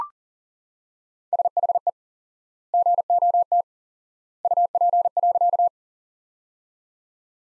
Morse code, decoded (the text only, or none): SHE GOT UP.